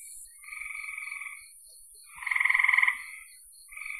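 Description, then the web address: Frogs trilling: a soft rattling trill, a pause, then a louder fast pulsed trill, and another soft trill starting at the end, over steady hiss. "cn frogs"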